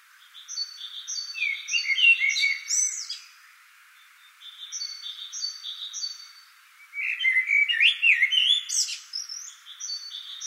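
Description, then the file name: Common blackbird song: two mellow warbled phrases, each ending in a thin high twitter, with another bird's repeated paired whistles before, between and after them. "Turdus merula"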